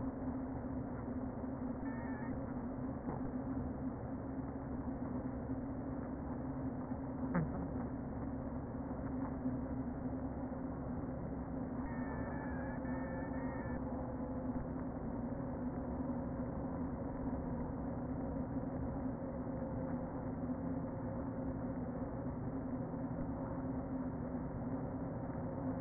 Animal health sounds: honeybee colony, microphone inside the hive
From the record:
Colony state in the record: queen present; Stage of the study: before two queens were removed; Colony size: about 60,000 bees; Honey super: yes

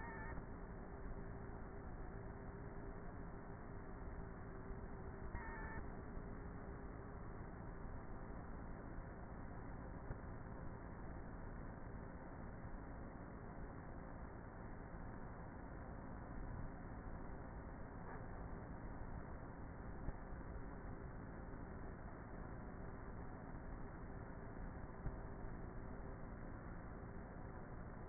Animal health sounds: honeybee colony, microphone inside the hive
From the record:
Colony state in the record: queenless with a low population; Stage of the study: before two queens were removed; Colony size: about 30,000 bees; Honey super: no

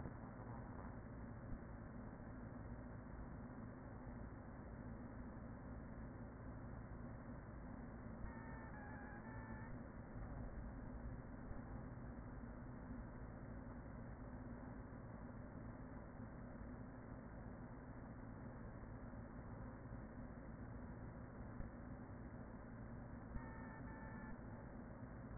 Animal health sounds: honeybee colony, microphone inside the hive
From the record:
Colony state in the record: queen present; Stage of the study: after two queens were removed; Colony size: about 40,000 bees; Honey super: no

